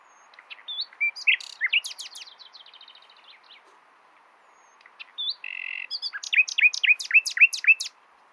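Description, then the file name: Common nightingale song: sharp varied notes and a fading series of clicks, a short silence, then a buzzy note leading into loud repeated whistled slurs. "Luscinia megarhynchos"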